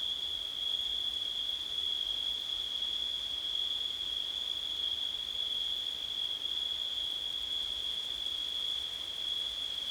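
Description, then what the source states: Cricket: a constant high trill, smooth and unbroken, over a low wash of hiss without any other distinct sounds. September night, with wind.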